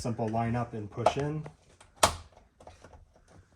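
Someone talks, then a replacement driver's side exterior door handle assembly with lock is lined up and pushed into the door opening of a 2003-2007 classic Silverado/Sierra truck door. It seats with a sharp little snap at 2.0 s, followed by a few faint ticks.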